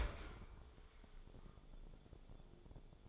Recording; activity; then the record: daily activity, microphone in the room; open dishwasher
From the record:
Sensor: 5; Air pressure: 1015.0 hPa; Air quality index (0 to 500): 125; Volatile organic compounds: 3 ppm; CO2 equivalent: 1348 ppm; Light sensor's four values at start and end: 37/87/36/38 and 38/90/37/40